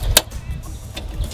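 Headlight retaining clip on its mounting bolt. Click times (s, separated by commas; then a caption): 0.2 s. A retaining clip is pried off the bolt that holds the headlight assembly on a 2002 Dodge Cummins truck, during an LED halo headlight install. A sharp, loud pop at 0.2 s marks the clip releasing from its mounting bolt, followed by a softer tick near 1.0 s over low background rumble.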